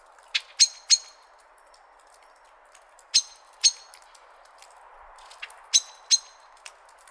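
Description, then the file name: Common blackbird sharp metallic clicking calls, given in pairs or short bursts separated by pauses of about two seconds, over a quiet background. "Turdus merula"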